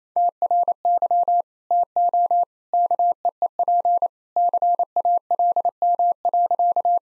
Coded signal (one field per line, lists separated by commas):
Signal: Morse code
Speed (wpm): 28 wpm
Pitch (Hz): 700 Hz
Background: none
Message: TRY TO KEEP CALM.